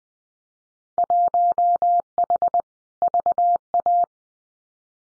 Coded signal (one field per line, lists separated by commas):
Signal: Morse code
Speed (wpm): 20 wpm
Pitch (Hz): 700 Hz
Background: none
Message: 1H VA